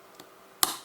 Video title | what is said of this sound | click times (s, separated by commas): Final Spindle Encoder Mount: ELS and Cross Slide Part 4 | this should just snap in place now | 0.6 s